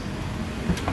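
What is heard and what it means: A SHAD Terra TR48 top case is refitted onto its base plate on a Panther rear rack of a Triumph Tiger 900, with its pair of pins guided into the lock set. Low steady rumble is heard, then a short, sharp click at 0.9 s as the case latches and locks onto the mounting plate.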